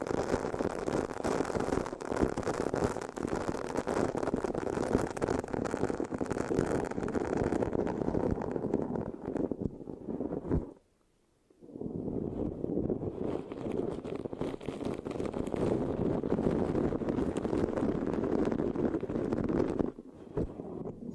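Mic scratching and sticky tapping sounds fill the clip in a dense, steady rush of fine crackles, mostly low and midrange with a bright hiss on top. Around ten seconds the scratching thins out and stops briefly, then resumes at the same pace until near the end.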